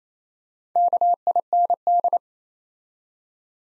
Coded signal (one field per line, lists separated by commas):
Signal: Morse code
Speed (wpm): 28 wpm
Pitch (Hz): 700 Hz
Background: none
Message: KIND